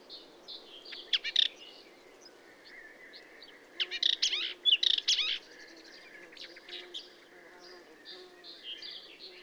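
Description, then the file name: Upcher's warbler song: two loud bursts of scratchy, chattering notes around the one- and four-second marks, with softer warbling between and after. "Hippolais languida song"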